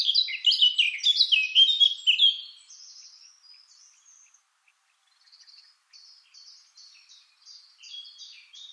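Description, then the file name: Eurasian blackcap gives a loud, quick, fluty warbling phrase, followed by several seconds of faint, scratchy chattering notes. "Sylvia atricapilla"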